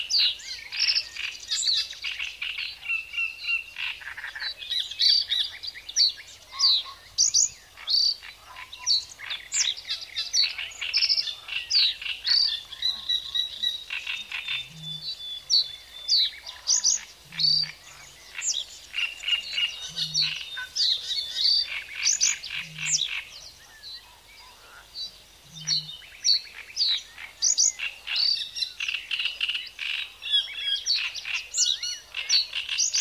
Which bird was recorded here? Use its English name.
Reed Bunting